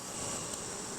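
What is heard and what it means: The center core of a plastic push-in rivet is being handled on a Rokblokz fender kit for a 2026 Kawasaki Teryx H2 4- or 5-seat UTV; the core will be pressed into the insert to expand it and lock the fender to the body panel. Only a steady, insect-like buzzing hiss with a bright band near 8 kHz is heard. Nothing has seated or clicked yet.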